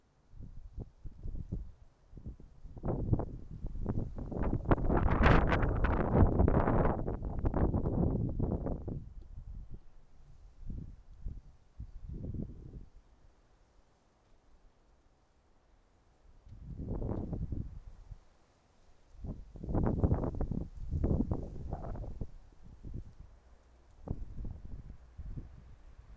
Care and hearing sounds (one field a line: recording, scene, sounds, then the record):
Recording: everyday scene through a hearing-aid microphone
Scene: wind on the microphone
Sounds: wind, traffic, birds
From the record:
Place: suburban garden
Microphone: behind the ear, right, front